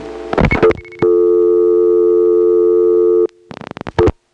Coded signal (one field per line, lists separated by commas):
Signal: telephone call progress tone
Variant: North America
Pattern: dial tone